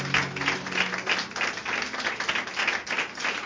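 An audience at a Christian worship service claps in applause to Jesus, steady and continuous, many hands blending into a dense patter with a faint rhythmic pulse, holding at an even level throughout.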